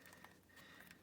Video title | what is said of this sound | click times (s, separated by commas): AIWA AM-ST40 Trying to fix a Minidisc player | that kind of locks into place. | 0.2 s, 0.9 s